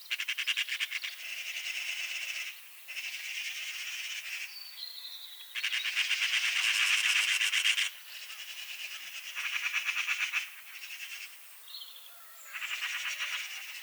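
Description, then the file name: Eurasian magpie producing almost continuous harsh rattling chatter in long bursts of rapid clacks, briefly pausing now and then. "Pica pica"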